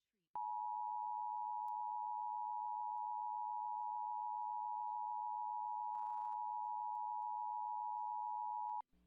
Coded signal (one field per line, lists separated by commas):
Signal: Emergency Alert System (SAME) tones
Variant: 853 and 960 Hz attention tone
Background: speech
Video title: National EAS Test (August 2019)